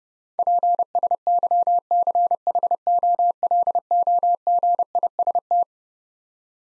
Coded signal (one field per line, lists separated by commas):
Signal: Morse code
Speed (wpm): 32 wpm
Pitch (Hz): 700 Hz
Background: none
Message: PSYCHOLOGIST